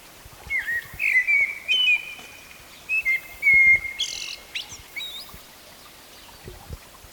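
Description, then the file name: Eurasian blackbird song: warbled, flute-like notes in two short bursts, each trailing off into thin, high squeaky sounds. "Turdus merula"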